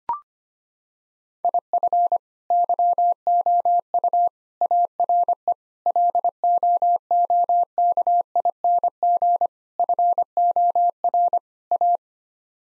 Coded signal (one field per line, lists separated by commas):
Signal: Morse code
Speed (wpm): 25 wpm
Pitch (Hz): 700 Hz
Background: none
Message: IF YOU ARE LOOKING FOR A